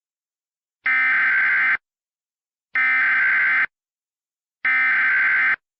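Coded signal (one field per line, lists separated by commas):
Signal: Emergency Alert System (SAME) tones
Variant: header bursts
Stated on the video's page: Fictional emergency alert scenario depicting a nuclear power plant disaster, not a real activation.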